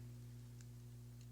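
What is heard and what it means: The plastic windshield section of a Transformers Legacy Velocitron Speedia 500 Collection Blurr robot figure is folded back by hand toward the point where its hinge pops into place. Faint, light ticks sound at about 0.6, 1.2 and 1.3 seconds over a steady low hum. The clip ends before the part goes home, so nothing has seated or clicked into place yet.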